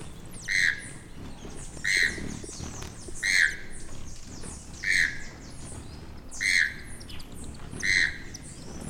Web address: sound choco-toucan